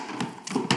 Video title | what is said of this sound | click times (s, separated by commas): 13 Ryobi Tools you HAVE TO SEE!!! - Compilation | It locks in place right here. | 0.7 s